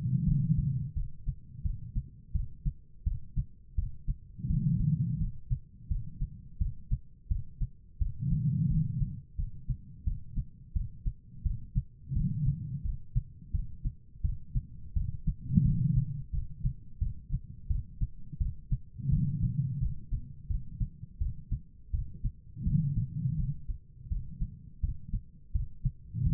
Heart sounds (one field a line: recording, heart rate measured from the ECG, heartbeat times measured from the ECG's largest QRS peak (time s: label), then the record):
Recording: heart sounds by stethoscope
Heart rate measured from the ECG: 85 bpm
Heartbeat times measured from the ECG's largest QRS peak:
0.25 s: heartbeat
0.94 s: heartbeat
1.63 s: heartbeat
2.33 s: heartbeat
3.04 s: heartbeat
3.76 s: heartbeat
4.48 s: heartbeat
5.18 s: heartbeat
5.89 s: heartbeat
6.59 s: heartbeat
7.29 s: heartbeat
7.99 s: heartbeat
8.68 s: heartbeat
9.37 s: heartbeat
10.05 s: heartbeat
10.73 s: heartbeat
11.43 s: heartbeat
12.14 s: heartbeat
12.83 s: heartbeat
13.52 s: heartbeat
14.22 s: heartbeat
14.94 s: heartbeat
15.63 s: heartbeat
16.32 s: heartbeat
17.00 s: heartbeat
17.68 s: heartbeat
18.39 s: heartbeat
19.10 s: heartbeat
19.80 s: heartbeat
20.48 s: heartbeat
21.19 s: heartbeat
21.92 s: heartbeat
22.65 s: heartbeat
23.37 s: heartbeat
24.09 s: heartbeat
24.81 s: heartbeat
25.53 s: heartbeat
26.24 s: heartbeat
From the record:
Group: healthy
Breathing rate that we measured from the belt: 16 breaths a minute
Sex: female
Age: 51 years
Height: 162 cm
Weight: 70.04 kg